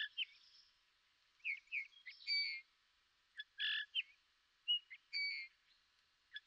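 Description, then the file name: Eurasian bullfinch uttering a series of soft piping whistles and short clipped notes, several in quick succession, with quiet gaps between. "Pyrrhula pyrrhula"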